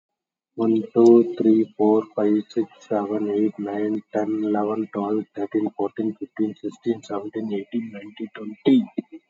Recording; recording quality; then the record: counting at a normal pace; excellent, no background noise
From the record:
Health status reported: COVID-19 positive, mild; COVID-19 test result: positive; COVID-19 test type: RT-PCR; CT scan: not taken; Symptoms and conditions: cough, cold, hypertension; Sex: male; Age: 56 years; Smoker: no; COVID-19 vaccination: both doses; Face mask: worn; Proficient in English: yes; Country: India